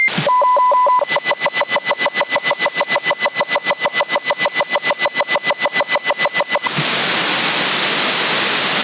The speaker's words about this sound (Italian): Ho sentito dei toni, una raffica di toni.